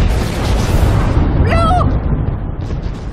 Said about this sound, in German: Doch dann explodierte das Dynamit.